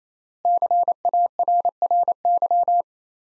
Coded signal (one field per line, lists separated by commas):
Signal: Morse code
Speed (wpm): 28 wpm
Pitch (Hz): 700 Hz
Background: none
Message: CARRY